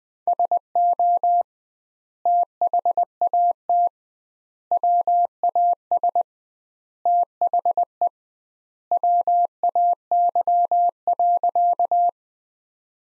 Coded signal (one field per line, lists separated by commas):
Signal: Morse code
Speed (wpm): 20 wpm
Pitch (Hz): 700 Hz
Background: none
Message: SO THAT WAS THE WAY.